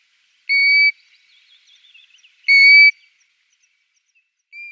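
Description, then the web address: European golden plover giving two clear, level, plaintive whistles about two seconds apart, with the start of a third whistle at the end; otherwise quiet. "Schulze Peter Eurasian Golden-Plover calls"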